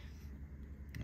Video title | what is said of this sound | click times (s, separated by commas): Improve cooling on your 3D printer - Winsinn 40mm fan + modifying a 3D printer - creality cr6 se | so that snaps in place and it goes like that | 0.9 s